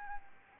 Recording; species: mosquito wingbeat signal from an infrared sensor; Anopheles arabiensis